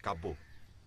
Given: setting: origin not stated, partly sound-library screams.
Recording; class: one-second piece from a danger detection set; normal situation